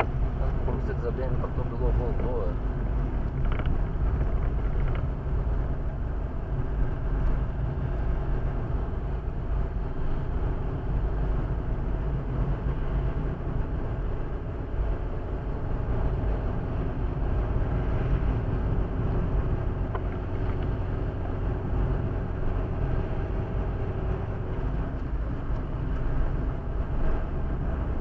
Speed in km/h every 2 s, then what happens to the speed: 39, 40, 40, 43, 45, 46, 49, 50, 53, 53, 53, 55, 54, 53.
0-16 speeds up to 53. 16-28 steady at about 53.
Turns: none.